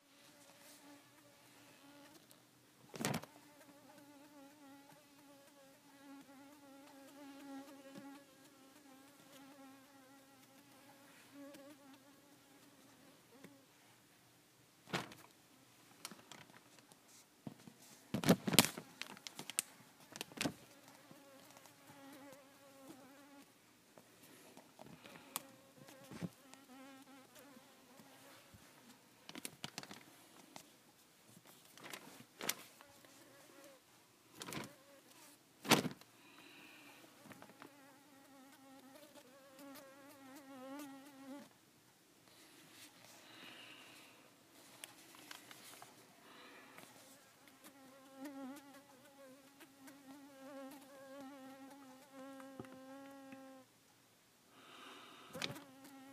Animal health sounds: mosquito flight sound by mobile phone; Culiseta incidens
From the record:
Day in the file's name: 4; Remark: blood-fed

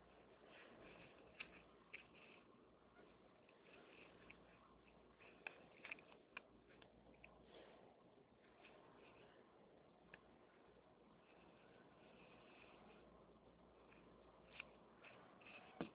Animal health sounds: mosquito flight sound by mobile phone; Anopheles albimanus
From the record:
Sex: male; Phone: Nokia 6555B

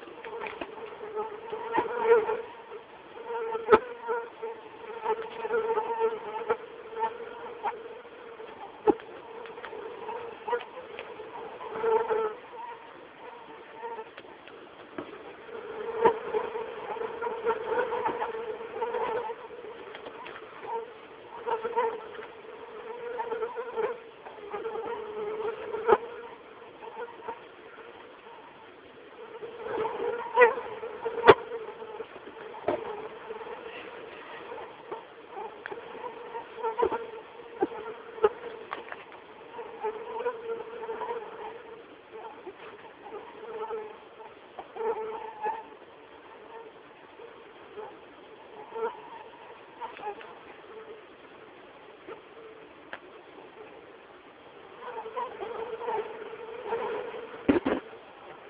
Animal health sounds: mosquito flight sound by mobile phone; Anopheles atroparvus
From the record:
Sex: female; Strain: EBRO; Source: CDC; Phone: Samsung T209

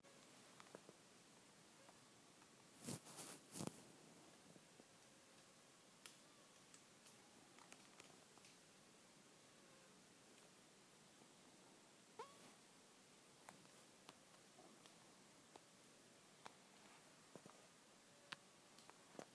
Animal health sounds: mosquito flight sound by mobile phone; Aedes sierrensis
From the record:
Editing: field recording with all noises

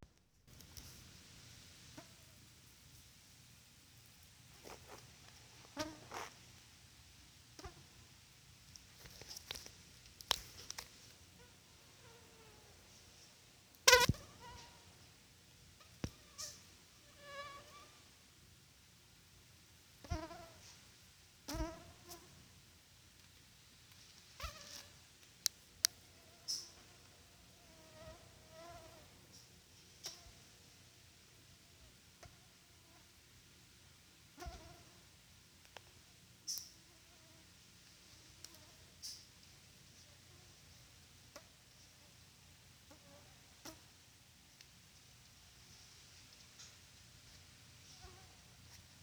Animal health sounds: mosquito flight sound by mobile phone; Culex quinquefasciatus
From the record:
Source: SanMateoVCD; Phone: Sony Xperia

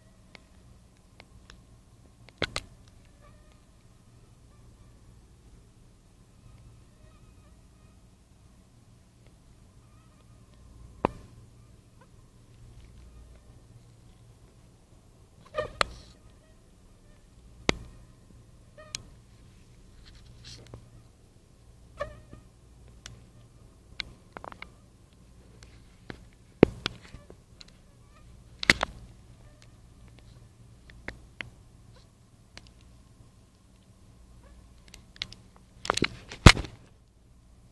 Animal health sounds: mosquito flight sound by mobile phone; Anopheles stephensi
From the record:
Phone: Nokia 5235

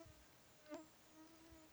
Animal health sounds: mosquito flight sound by mobile phone; Aedes sierrensis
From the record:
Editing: cut to the mosquito's sound

